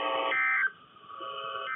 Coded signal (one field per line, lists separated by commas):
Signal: Emergency Alert System (SAME) tones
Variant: end-of-message bursts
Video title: (ARCHIVED) STO 1/2 Weekly Test (EAS #270)